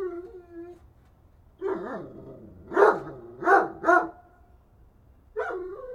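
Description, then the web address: Dog whining and barking: a drawn whine, then a rough bark and three sharp barks, ending with another whine. "Effects 02-Birds, Insects Animals. Animals dogs"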